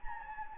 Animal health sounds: mosquito wingbeat signal from an infrared sensor; Anopheles gambiae

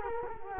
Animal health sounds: mosquito wingbeat signal from an infrared sensor; Culex quinquefasciatus

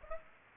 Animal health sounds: mosquito wingbeat signal from an infrared sensor; Aedes aegypti

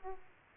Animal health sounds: mosquito wingbeat signal from an infrared sensor; Aedes aegypti

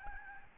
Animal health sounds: mosquito wingbeat signal from an infrared sensor; Aedes albopictus

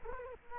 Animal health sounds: mosquito wingbeat signal from an infrared sensor; Culex quinquefasciatus

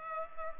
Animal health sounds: mosquito wingbeat signal from an infrared sensor; Culex pipiens

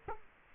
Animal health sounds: mosquito wingbeat signal from an infrared sensor; Culex quinquefasciatus

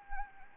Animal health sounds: mosquito wingbeat signal from an infrared sensor; Anopheles gambiae

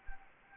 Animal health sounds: mosquito wingbeat signal from an infrared sensor; Anopheles arabiensis

